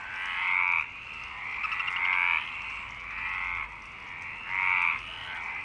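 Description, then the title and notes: Frog chorus with long rasping, nasal croaks swelling and fading repeatedly, several frogs calling at once. Frog chorus at Parc Longchamp, Marseille, Provence-Alpes-Côte d'Azur, France, 26 March 2011, 19:35; recorded with MixPre-6 and Basic Ucho. "Marseille, Provence-Alpes-Côte d'Azur, France - 26_03_11_19_35 Longchamps_004 grenouilles. Grenouilles au parc de Longchamp"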